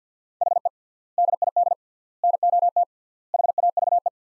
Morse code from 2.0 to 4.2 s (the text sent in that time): NOT HAVE